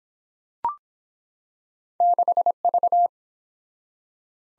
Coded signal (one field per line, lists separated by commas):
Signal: Morse code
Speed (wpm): 24 wpm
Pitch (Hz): 700 Hz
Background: none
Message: 6V